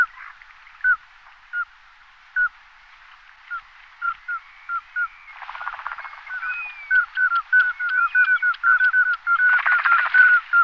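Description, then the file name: Common scoter giving short, clear piping whistles, spaced at first, then coming faster and denser, with bursts of rushing noise midway and near the end. "Turpan cerny Melanitta nigra"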